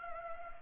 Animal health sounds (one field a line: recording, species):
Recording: mosquito wingbeat signal from an infrared sensor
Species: Culex pipiens